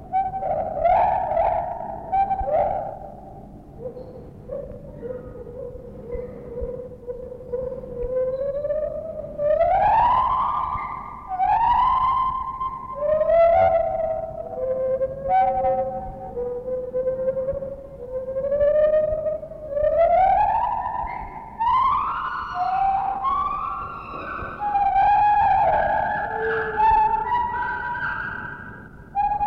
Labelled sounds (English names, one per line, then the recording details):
Lar Gibbon
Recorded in captivity
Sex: pair
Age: adult
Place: Zoo Berlin, Berlin, DE
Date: 1960-11-12 12:00
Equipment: Minifon, Kopie Smaragd
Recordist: Tembrock, Günter
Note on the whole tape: Paar: Rufreihen nach der Fütterung, sie mit dunklen Crescendo-Reihen, er mit hellen zweisilbigen Lauten einfallend, auch Triller. Innenaufnahme, daraus resultiert Hall. Abstand 6 - 8 m